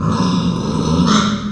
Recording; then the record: squeal of a Yucatan mini pig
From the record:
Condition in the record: after surgery on the right vocal fold (resection and tissue-engineered implant); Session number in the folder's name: 11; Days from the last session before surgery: 98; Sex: female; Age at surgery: 19 weeks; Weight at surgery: 25 kg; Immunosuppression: prednisolone